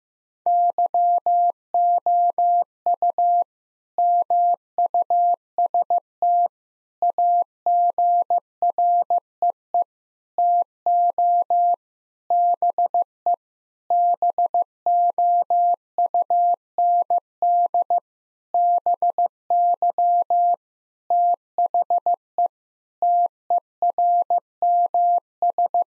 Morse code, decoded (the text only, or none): YOU MUST AGREE TO BE BOUND BY THE TERMS